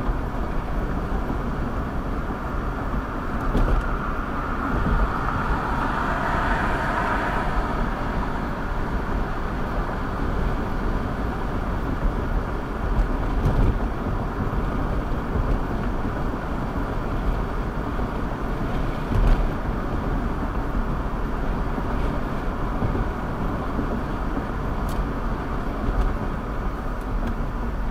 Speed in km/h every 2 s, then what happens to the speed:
63, 64, 66, 69, 69, 69, 69, 69, 69, 71, 71, 71, 71, 64.
0-6 speeds up to 69. 6-24 steady at about 69. 24-28 slows to 64.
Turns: none.